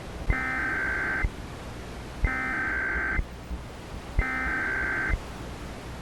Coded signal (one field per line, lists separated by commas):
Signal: Emergency Alert System (SAME) tones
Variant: header bursts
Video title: EAS Recreation: Zombie Alert EAS message (real)